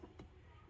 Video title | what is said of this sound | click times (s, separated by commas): No doubt, you can. | and then everything just pop into place. | 0.2 s